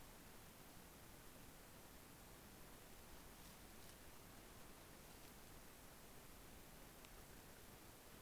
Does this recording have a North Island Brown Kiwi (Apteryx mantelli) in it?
no